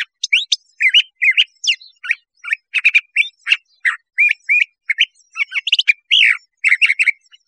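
Curve-billed thrasher singing a fast, varied run of sharp whistled and slurred notes, with squeaky rising and falling phrases following one another almost without pause.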